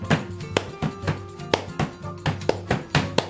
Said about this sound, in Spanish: que uno hace con las manos sobre la mesa y es un juego medio como de coordinación